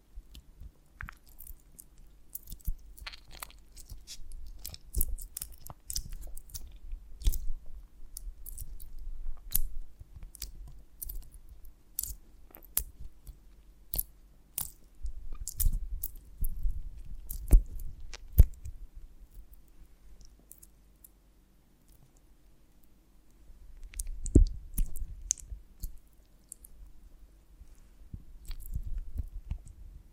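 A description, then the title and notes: Crisp clicks and small crunches from handling a honeycomb on a branch come in irregular flurries, sharp and bright, over a low soft rumble. The sounds thin out to near quiet around twenty seconds, then return in a few scattered bursts. ASMR of a Honeycomb on Branch (No Talking).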